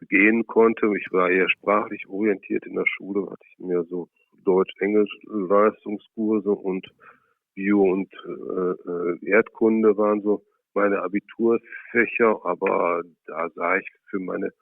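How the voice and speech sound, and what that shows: Adult man speaks German with drawn-out sounds and pauses; mild stuttering marked mainly by prolongations, few blocks. He has stuttered since childhood, with severe stuttering and strong blocks through school and until about age 25.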